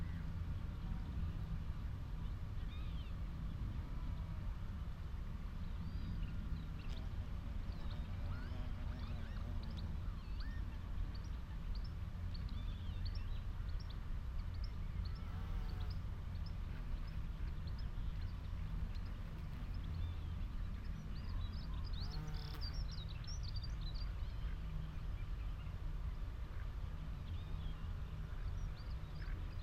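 An open marsh on a May afternoon carries a steady low rumble, like far traffic or an engine, underneath everything. Birdsong chirps and trills scatter across the whole half minute, busiest around fifteen and twenty-two seconds, with brief brighter bursts.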